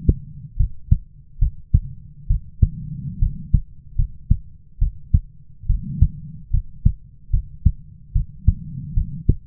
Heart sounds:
heart sounds by stethoscope; 72 bpm
0.57 s: heartbeat
1.39 s: heartbeat
2.27 s: heartbeat
3.19 s: heartbeat
3.96 s: heartbeat
4.79 s: heartbeat
5.67 s: heartbeat
6.51 s: heartbeat
7.31 s: heartbeat
8.13 s: heartbeat
8.94 s: heartbeat
From the record:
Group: healthy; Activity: rest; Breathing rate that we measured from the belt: 21 breaths a minute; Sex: female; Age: 22 years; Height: 157 cm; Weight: 47.6 kg

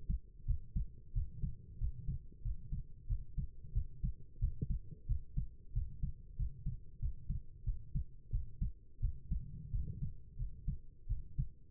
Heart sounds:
heart sounds by stethoscope; 90 bpm
0.46 s: heartbeat
1.13 s: heartbeat
1.79 s: heartbeat
2.43 s: heartbeat
3.07 s: heartbeat
3.73 s: heartbeat
4.40 s: heartbeat
5.07 s: heartbeat
5.73 s: heartbeat
6.37 s: heartbeat
7.00 s: heartbeat
7.64 s: heartbeat
8.30 s: heartbeat
9.00 s: heartbeat
9.71 s: heartbeat
10.37 s: heartbeat
11.07 s: heartbeat
From the record:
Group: healthy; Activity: cold pressor test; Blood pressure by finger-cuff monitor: 108/72 mmHg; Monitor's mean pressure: 85 mmHg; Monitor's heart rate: 91 bpm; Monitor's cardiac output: 7.8 L/min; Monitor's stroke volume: 86 mL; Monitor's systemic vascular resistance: 790 dyn s/cm5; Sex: female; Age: 19 years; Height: 163 cm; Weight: 51 kg

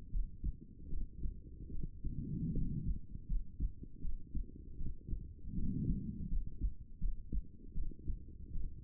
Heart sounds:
heart sounds by stethoscope; 78 bpm
0.10 s: heartbeat
0.88 s: heartbeat
1.70 s: heartbeat
2.52 s: heartbeat
3.26 s: heartbeat
4.00 s: heartbeat
4.76 s: heartbeat
5.53 s: heartbeat
6.27 s: heartbeat
6.98 s: heartbeat
7.73 s: heartbeat
8.50 s: heartbeat
From the record:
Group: healthy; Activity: rest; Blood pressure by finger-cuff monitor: 124/79 mmHg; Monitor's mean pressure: 95 mmHg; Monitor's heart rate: 79 bpm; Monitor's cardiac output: 6.8 L/min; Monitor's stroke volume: 87 mL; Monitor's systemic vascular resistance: 1030 dyn s/cm5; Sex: female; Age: 23 years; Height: 160 cm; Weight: 50.4 kg

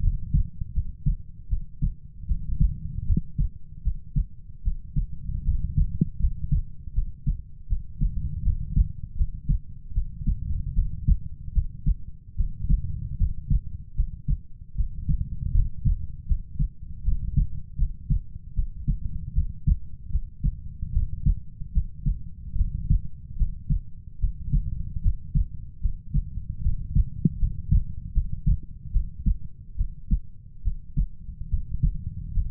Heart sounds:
heart sounds by stethoscope; 76 bpm
0.00 s: heartbeat
0.72 s: heartbeat
1.48 s: heartbeat
2.26 s: heartbeat
3.05 s: heartbeat
3.82 s: heartbeat
4.62 s: heartbeat
5.43 s: heartbeat
6.18 s: heartbeat
6.93 s: heartbeat
7.67 s: heartbeat
8.42 s: heartbeat
9.15 s: heartbeat
9.92 s: heartbeat
10.73 s: heartbeat
11.52 s: heartbeat
12.35 s: heartbeat
13.16 s: heartbeat
13.94 s: heartbeat
14.75 s: heartbeat
15.52 s: heartbeat
16.26 s: heartbeat
17.03 s: heartbeat
17.77 s: heartbeat
18.54 s: heartbeat
19.33 s: heartbeat
20.10 s: heartbeat
20.92 s: heartbeat
21.72 s: heartbeat
22.56 s: heartbeat
23.36 s: heartbeat
24.19 s: heartbeat
25.01 s: heartbeat
25.80 s: heartbeat
26.61 s: heartbeat
27.37 s: heartbeat
28.12 s: heartbeat
28.91 s: heartbeat
29.76 s: heartbeat
30.62 s: heartbeat
31.48 s: heartbeat
32.32 s: heartbeat
From the record:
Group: healthy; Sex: female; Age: 19 years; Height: 163 cm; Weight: 48.9 kg

